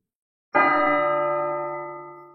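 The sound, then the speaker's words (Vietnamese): A single bell strikes once with a sharp attack, then rings on in a rich cluster of sustained overtones that slowly fade. No voices are heard. “Tiếng chuông ngân vang, ánh mắt của tất cả mọi người trong thành đều lóe sáng, bao gồm những đứa nhỏ cũng bắt đầu chạy về phía các tường thành.”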